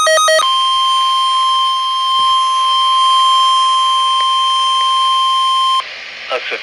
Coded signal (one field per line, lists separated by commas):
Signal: Emergency Alert System (SAME) tones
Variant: 1050 Hz attention tone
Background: speech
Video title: (DOUBLE HEADER) Severe Thunderstorm Warning and Severe Weather Statement (EAS #108-109)